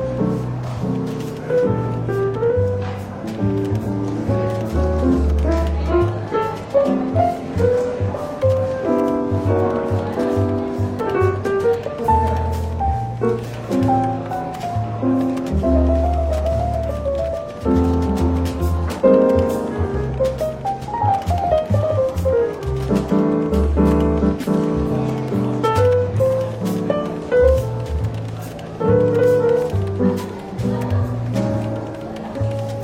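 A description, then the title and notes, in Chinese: Soft jazz plays steadily throughout a bookshop café, with a low bass line moving note by note under melodic chords and runs in the middle range. The level stays even for the whole stretch, with a faint murmur of café chatter beneath the music. 伦敦书店咖啡馆轻微喧闹氛围与柔和轻松的爵士背景音乐。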